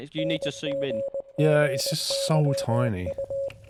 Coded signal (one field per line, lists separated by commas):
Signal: Morse code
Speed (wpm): 20 wpm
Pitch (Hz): 550 Hz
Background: speech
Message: NGGYU